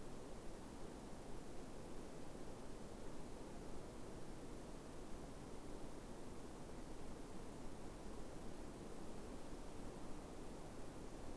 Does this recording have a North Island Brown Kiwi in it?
no